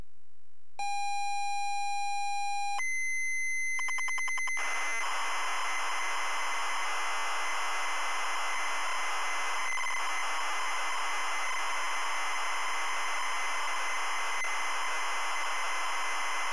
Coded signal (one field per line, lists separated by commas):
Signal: ZX Spectrum tape loading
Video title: ZX Spectrum Where Time Stood Still